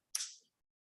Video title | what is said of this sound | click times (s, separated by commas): Advanced Clipper & Trimmer Techniques - LIVE with Kristi Faulkner (Wahl) | I hear it snap let's listen to a snap | 0.1 s